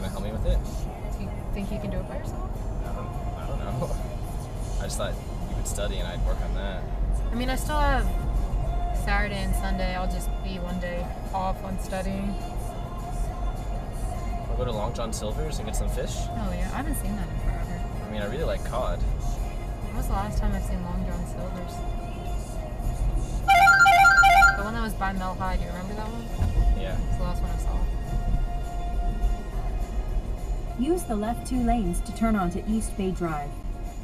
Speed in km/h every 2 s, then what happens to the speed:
77, 74, 72, 74, 74, 74, 72, 72, 69, 69, 68, 61, 58, 53, 47, 39, 32.
0-19 steady at about 72. 19-34 slows to 32.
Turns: none.